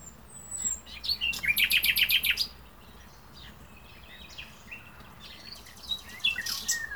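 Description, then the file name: Common nightingale delivering a loud burst of rapidly repeated notes, followed by softer varied phrases and high whistles over a faint low rumble. "Luscinia megarhynchos"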